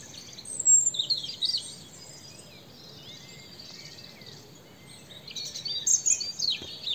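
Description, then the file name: European robin song: two bursts of high, sweet, trilled and warbled notes with quick descending slurs, separated by a quiet gap. "Erithacus rubecula"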